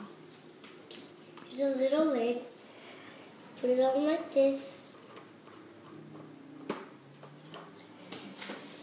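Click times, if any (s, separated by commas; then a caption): 6.7 s, 8.1 s. Someone talks, then a child presses a small plastic lid onto a toy marker-making device, and two sharp, short clicks are heard at 6.7 and 8.1 seconds. The lid clicks shut twice and is seated.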